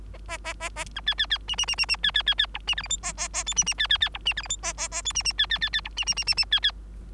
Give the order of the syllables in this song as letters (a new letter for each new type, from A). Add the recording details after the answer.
A A A A A B C C C D D D D D C C C C E D F G H A A A I D D C C C E D F G H A A A I D D C C C C E D D D D D C C. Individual Bird3